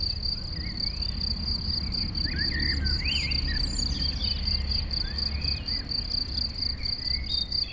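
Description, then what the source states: Crickets keep a high, steady pulsing chorus while birds call with short rising and falling chirps and traffic rumbles in the background. Chorus of crickets in a sunny west-facing sloping meadow at Chindrieux, France, with birds singing in surrounding trees and traffic noise from the nearby road.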